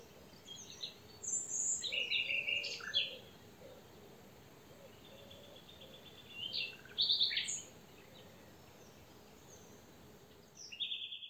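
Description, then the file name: Common nightingale: scattered song phrases of buzzy rattles, sharp whistles and short trills with long pauses between them, over a steady background hiss. "Luscinia megarhynchos"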